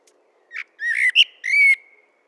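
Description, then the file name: Common blackbird with a brief chip, then mellow whistled notes and a sustained fluting tone that fades out; background otherwise silent. "Turdus merula"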